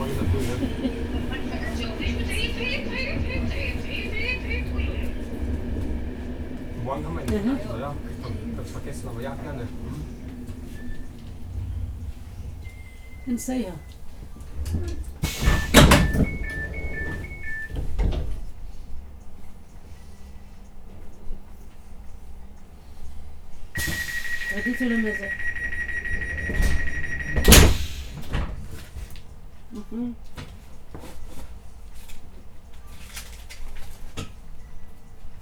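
A train ride through Vienna, with a steady low rumble running underneath throughout. Voices talk over it, busiest in the first ten seconds, and sharp clacks land near 15 and 27 seconds. A steady high tone holds from about 24 to 28 seconds.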